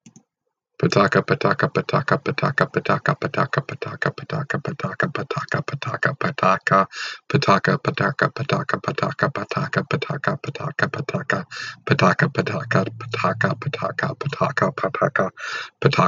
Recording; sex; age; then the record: repeated syllables /pa ta ka/; male; 40 to 49 years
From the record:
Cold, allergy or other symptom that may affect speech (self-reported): no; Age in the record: 41 years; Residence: Oregon, United States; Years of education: 14